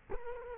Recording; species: mosquito wingbeat signal from an infrared sensor; Culex quinquefasciatus